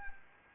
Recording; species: mosquito wingbeat signal from an infrared sensor; Anopheles arabiensis